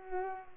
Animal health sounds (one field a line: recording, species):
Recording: mosquito wingbeat signal from an infrared sensor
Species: Culex pipiens